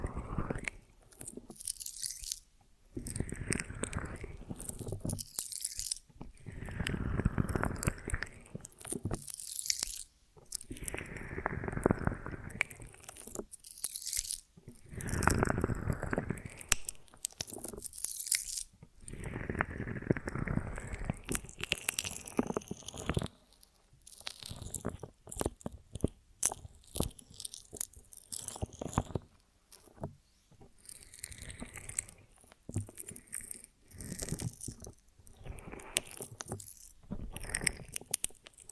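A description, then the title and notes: Honeycomb on a branch being bitten and chewed, with wet crunchy, sticky bursts every few seconds and short quiet gaps between them. ASMR of a Honeycomb on Branch (No Talking).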